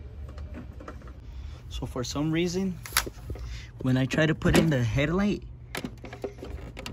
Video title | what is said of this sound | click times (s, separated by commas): How to install led bar headlights /new headlights 😱 | it won't click in | none